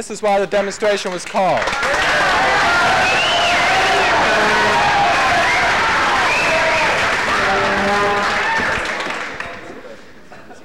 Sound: applause